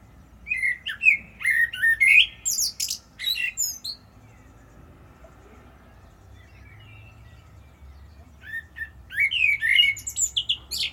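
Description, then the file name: Common blackbird song: a long fluty warbled phrase with squeaky high flourishes, a pause, then another mellow phrase beginning. "Turdus merula"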